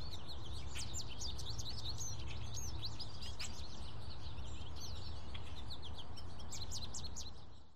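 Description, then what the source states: American goldfinch calls: a dense, continuous chatter of high, thin, twittering chirps, many overlapping, over a steady low rumble of background noise. Recorded in Fort Collins on April 12, 2016, at 1:59 pm.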